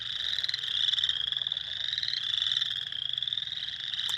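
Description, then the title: Spring peepers in a dense chorus of high, shrill peeps, each rising slightly, overlapping continuously. Several spring peepers, recorded 6 April 2021. "2021-04-06-Spring-Peepers"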